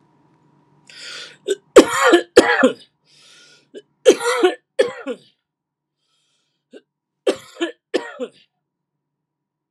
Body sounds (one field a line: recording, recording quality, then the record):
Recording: heavy voluntary cough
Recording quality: excellent, no background noise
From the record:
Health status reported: healthy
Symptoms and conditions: diabetes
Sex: male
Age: 55 years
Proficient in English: yes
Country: India